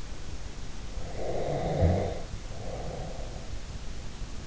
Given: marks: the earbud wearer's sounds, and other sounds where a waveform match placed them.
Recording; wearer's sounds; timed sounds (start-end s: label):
sounds in sleep by an in-ear microphone; snoring breath
0.97-3.51 s: snoring breath